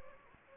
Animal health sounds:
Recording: mosquito wingbeat signal from an infrared sensor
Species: Anopheles gambiae

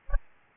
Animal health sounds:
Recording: mosquito wingbeat signal from an infrared sensor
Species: Aedes albopictus

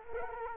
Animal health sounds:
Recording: mosquito wingbeat signal from an infrared sensor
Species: Culex quinquefasciatus

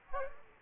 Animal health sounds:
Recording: mosquito wingbeat signal from an infrared sensor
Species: Culex quinquefasciatus

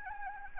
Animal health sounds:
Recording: mosquito wingbeat signal from an infrared sensor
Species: Anopheles gambiae

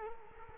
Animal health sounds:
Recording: mosquito wingbeat signal from an infrared sensor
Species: Culex quinquefasciatus

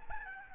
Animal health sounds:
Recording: mosquito wingbeat signal from an infrared sensor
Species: Aedes albopictus

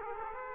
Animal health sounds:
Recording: mosquito wingbeat signal from an infrared sensor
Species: Aedes aegypti

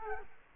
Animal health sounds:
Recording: mosquito wingbeat signal from an infrared sensor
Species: Culex quinquefasciatus

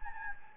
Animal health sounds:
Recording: mosquito wingbeat signal from an infrared sensor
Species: Anopheles gambiae

